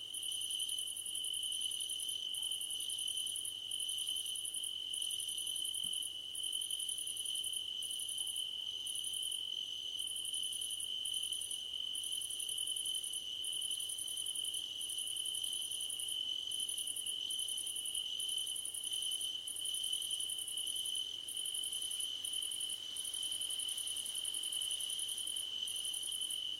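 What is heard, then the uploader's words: Crickets chirp through the night in a dense, steady chorus, one high, bright trill pulsing in short regular bursts over a constant ringing tone. A faint low hum sits underneath, and the level barely changes across the whole stretch. Nighttime Ambience with Crickets. The gentle hum of crickets. The comforting sounds of crickets under a starlit sky.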